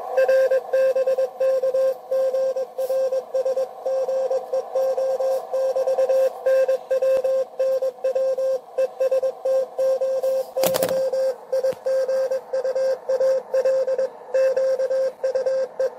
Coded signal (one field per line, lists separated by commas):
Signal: Morse code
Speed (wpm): 21 wpm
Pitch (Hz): 530 Hz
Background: radio noise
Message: R BK GRS GEO <BT> NW NW ESTOY IGUAL QUE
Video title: RADIOAFICION EN URUGUAY CX1SI GEO-cx1si qrp QRP PARTY - 28 Setiembre 2023 -participamos